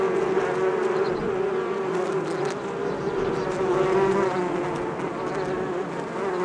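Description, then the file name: Bees humming as a crowd, a level, continuous buzz that swells slightly midway, with small flickers of higher tone. "bees"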